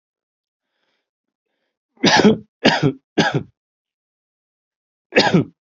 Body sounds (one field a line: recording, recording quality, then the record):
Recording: heavy voluntary cough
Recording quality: excellent, no background noise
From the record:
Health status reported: healthy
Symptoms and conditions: cough, cold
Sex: male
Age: 24 years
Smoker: not ticked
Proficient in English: yes